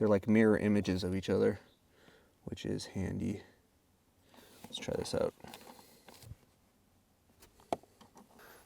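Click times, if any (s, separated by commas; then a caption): none. Someone talks while handling a rubber WeatherTech floor mat for a GT350, fitting its clip onto the floor retention anchor in the car. Soft handling taps and a few short knocks follow. Nothing has seated or clicked into place yet.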